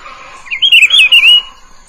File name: canto do pitiguari